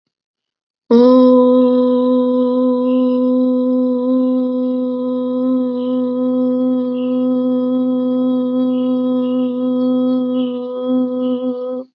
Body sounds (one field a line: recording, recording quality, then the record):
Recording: sustained vowel as in boot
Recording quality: excellent, no background noise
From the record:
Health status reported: healthy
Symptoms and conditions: none ticked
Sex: female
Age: 20 years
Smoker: not ticked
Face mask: not worn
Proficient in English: yes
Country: India